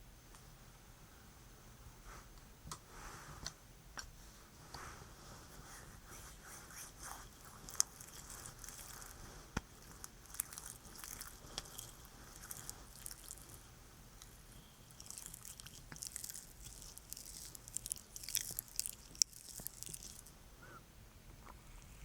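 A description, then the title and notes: Sticky honey is worked in an ear massage, giving soft wet squishing and tacky crackles that come and go in irregular bursts. The sound is bright and crisp, denser from about 10 to 20 seconds, with sharp clicks near 8 and 19 seconds over a low, quiet hum. ASMR Sticky Honey Ear Massage (No Talking).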